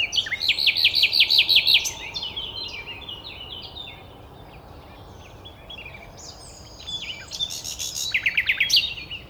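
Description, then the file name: Common nightingale song: loud rapid repeated high notes in a fast trill, then varied chirps, a pause, and another burst of repeated notes near the end. "Luscinia megarhynchos"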